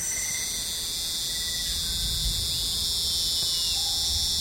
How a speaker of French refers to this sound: Ce que l'on n'entend pas, par contre, c'est que notre Lernaeca est une sorte d'athlète de course de fond. Tout en chantant, ce grillon tourne sur lui-même, puis saute, puis chante en tournant, puis effectue un nouveau bond.